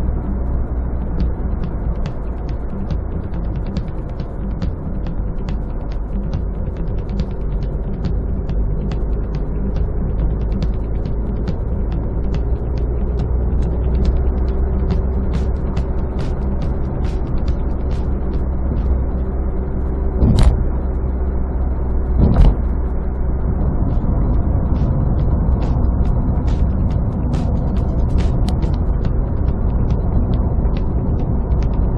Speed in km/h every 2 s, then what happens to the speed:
62, 57, 53, 52, 55, 61, 65, 70, 70, 69, 68, 67, 63, 59, 58, 59.
0-5 slows to 52. 5-14 speeds up to 70. 14-22 steady at about 69. 22-26 slows to 59. 26-32 steady at about 59.